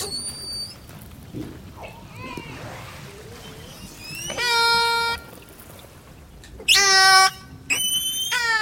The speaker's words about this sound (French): Après, on peut écouter un autre enregistrement. Alors, orque 2-9, top. Là, on a les sifflements des orques.